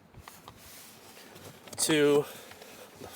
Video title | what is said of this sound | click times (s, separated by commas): ULTIMATE WINTER 2023 FL5 Civic Type R and GIVING AWAY FREE CAR PARTS! | snaps right in | 0.3 s, 0.5 s